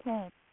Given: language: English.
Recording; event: throat vibration sensor signal played as sound; speech